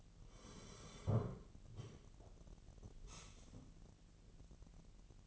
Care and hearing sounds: daily activity, microphone in the room; sit down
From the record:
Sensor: 4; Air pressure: 1002.6 hPa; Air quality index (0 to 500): 248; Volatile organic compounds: 34 ppm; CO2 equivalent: 3037 ppm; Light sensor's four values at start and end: 11/25/10/10 and 11/25/10/10

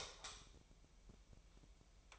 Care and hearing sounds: daily activity, microphone in the room; light off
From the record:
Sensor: 1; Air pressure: 1001.9 hPa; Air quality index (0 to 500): 246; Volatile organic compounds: 49 ppm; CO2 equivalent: 3288 ppm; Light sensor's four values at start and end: 9/26/10/12 and 5/11/4/5

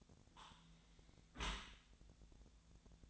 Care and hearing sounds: daily activity, microphone in the room; close dishwasher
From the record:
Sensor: 3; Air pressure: 1000.5 hPa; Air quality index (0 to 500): 176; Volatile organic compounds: 3 ppm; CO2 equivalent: 1522 ppm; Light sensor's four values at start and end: 15/39/15/17 and 15/39/15/17

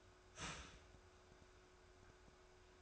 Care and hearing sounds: daily activity, microphone in the room; start toaster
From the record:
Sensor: 2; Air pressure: 1014.6 hPa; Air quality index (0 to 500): 196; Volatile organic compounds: 20 ppm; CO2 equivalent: 2693 ppm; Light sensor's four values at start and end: 4/9/3/3 and 4/9/3/3

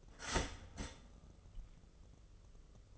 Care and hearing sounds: daily activity, microphone in the room; start toaster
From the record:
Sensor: 4

